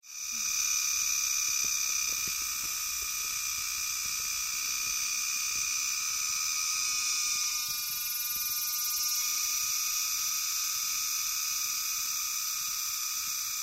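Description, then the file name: Crickets singing, a continuous shrill, metallic buzzing with steady high tones that shift briefly near the eighth second before resuming unchanged. Crickets described as "circular saw" crickets. "Kreissaegen Grillen"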